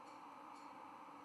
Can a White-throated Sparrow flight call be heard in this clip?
no